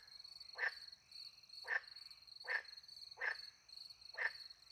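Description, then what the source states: Frog calls, short sharp notes repeated about once a second, over a steady high cricket chorus. Frogs with crickets at night in countryside beside a little pond, France; microphones hidden in a tree close to the pond; two Usi Pro microphones into a MixPre 10 II recorder.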